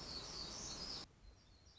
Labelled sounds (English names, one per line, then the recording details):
Black-throated Gray Warbler
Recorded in Sonoma County, California